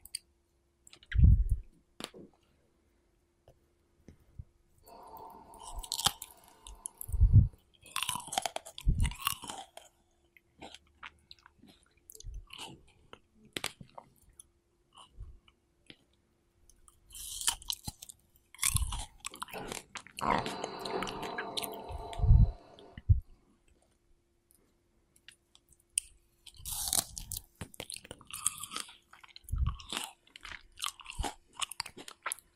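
Strawberries being eaten, with wet, squelchy chewing that comes and goes in short bursts. Sharp low thumps land every few seconds, near 1, 7, 18, 22 and 29 seconds, between quiet gaps, and a longer stretch of dense munching fills roughly 19 to 23 seconds.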